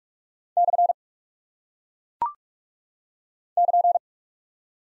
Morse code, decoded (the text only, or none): / <KN>